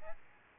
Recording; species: mosquito wingbeat signal from an infrared sensor; Aedes albopictus